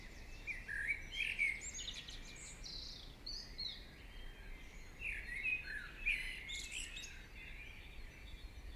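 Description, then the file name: Birds chirping and warbling in a mixed chorus, bright high notes clustering in bursts around the first and fifth seconds, over background hiss. Birds singing in the morning. "Chants Oiseaux du Matin"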